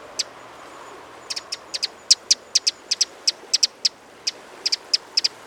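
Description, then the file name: Eurasian wren giving a run of sharp, high clicks, spaced irregularly, some doubled, with a quiet background. "Troglodytes troglodytes"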